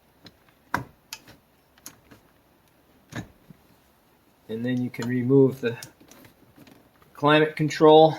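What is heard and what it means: A hammer claw wrapped in protective material gently pries the plastic trim of the climate control module out of the dashboard of a 2017–2021 Honda CR-V on its second side. The retaining clip pops free with a sharp click at 0.7 s, followed by a few fainter ticks. Someone then talks.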